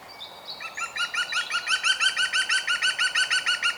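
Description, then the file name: European green woodpecker giving a laughing call: a fast run of ringing notes, about three per second for three seconds, with faint high notes before it. "Groene Specht Picus viridis"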